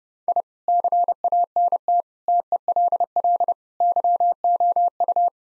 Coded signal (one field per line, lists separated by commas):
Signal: Morse code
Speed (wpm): 30 wpm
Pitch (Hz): 700 Hz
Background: none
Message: I CANT TELL YOU